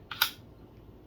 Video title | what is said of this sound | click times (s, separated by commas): GRIP6 Wallet Review -- GIVEAWAY! -- Win one of these awesome wallets! -- #GRIP6wallets | got four cards there and when you press that down you hear that little click | 0.1 s, 0.2 s